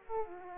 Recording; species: mosquito wingbeat signal from an infrared sensor; Aedes aegypti